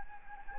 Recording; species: mosquito wingbeat signal from an infrared sensor; Anopheles gambiae